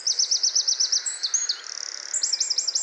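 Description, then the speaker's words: Common Chaffinch song: a rapid series of high descending notes, then a faster rattling run ending in a flourish of downward-sweeping notes. Courtship song heard in spring, meaning it is present and seeking a female, warning other chaffinches off its territory; lives in gardens, forests and parks. "Also diese Melodie, das ist der Balzgesang. Und der heißt, ich bin hier und ich suche ein Weibchen. Und falls hier noch andere Buchfinken in der Nähe sind, bleibt auf Abstand, denn das ist hier mein Revier."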